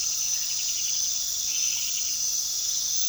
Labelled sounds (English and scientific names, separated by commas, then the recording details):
none
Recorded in pastures near Puerto Asís, Putumayo, Colombia, on 19 February 2024 at 00:00
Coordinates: 0.468, -76.328
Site G6414